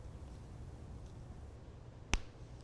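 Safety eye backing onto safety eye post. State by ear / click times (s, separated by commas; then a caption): seated / 2.1 s. A second plastic backing is pushed onto the post of a safety eye in a crocheted Christmas pickle ornament. After quiet low background noise, it gives one sharp click at 2.1 s and seats onto the post.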